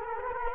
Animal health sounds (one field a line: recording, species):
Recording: mosquito wingbeat signal from an infrared sensor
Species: Culex quinquefasciatus